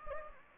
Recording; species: mosquito wingbeat signal from an infrared sensor; Anopheles gambiae